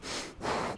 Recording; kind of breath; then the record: one breath in and out by a microphone near the nose and mouth; strong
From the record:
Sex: male